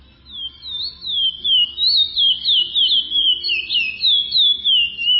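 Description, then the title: Chestnut-bellied seed finch song starting after a short pause: bright, warbled whistles in a continuous flowing string, roughly three notes a second. "Canto De Curio"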